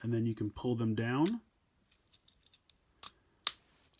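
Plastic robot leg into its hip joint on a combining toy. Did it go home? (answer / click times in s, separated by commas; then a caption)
yes / 3.5 s. Someone talks for the first 1.5 seconds while disconnecting the plastic legs of a combining toy robot and pulling them down toward its hip joints. Small plastic ticks and scrapes follow. The legs seat with a sharp click at 3.5 seconds.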